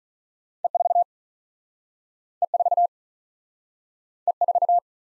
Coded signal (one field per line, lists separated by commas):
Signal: Morse code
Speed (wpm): 48 wpm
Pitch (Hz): 700 Hz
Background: none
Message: E 4 E 4 E 4